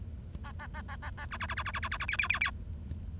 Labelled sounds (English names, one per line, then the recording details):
Bengalese Finch song
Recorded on 1 October 2012 at 07:27
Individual or60yw70